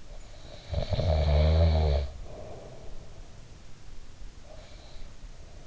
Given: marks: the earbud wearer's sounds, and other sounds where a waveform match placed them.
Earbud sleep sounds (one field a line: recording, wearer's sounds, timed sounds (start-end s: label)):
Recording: sounds in sleep by an in-ear microphone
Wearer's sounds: snoring breath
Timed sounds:
0.10-3.38 s: snoring breath